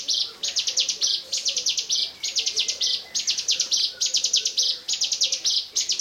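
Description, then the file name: Bar-winged prinia giving a hurried series of sharp, high clicking notes that close in a buzzy roll, the phrase repeated over and over almost continuously. "ciblekmonster"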